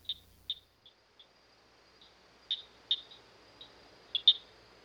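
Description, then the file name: Southern cricket frog calling with sharp, high clicks, single or paired, spaced irregularly and growing stronger toward the end, against near silence. "dan-gibsons-solitudes southern-cricket-frog"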